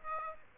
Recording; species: mosquito wingbeat signal from an infrared sensor; Aedes aegypti